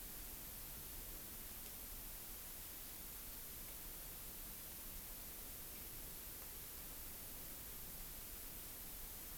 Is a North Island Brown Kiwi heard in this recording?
no